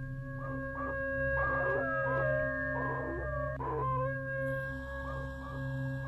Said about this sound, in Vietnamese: Sau độ một tiếng đồng hồ, thầy cắt dây trói con chó ở ngoài cổng. Tức thì con chó chu lên một hồi rồi chạy thẳng ra khu cánh đồng.